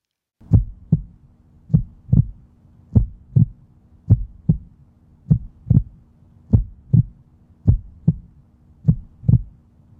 This is a heartbeat. It's slow.